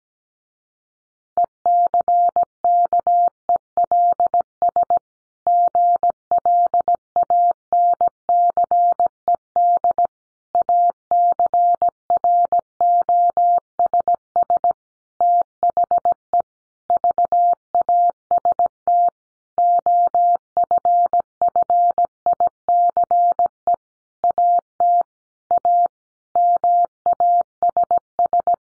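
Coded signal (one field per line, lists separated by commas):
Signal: Morse code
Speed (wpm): 17 wpm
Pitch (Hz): 700 Hz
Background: none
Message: ECKELS GLANCED ACROSS THE VAST OFFICE AT A MASS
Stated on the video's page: Morse head-copy sentence practice at 17 wpm.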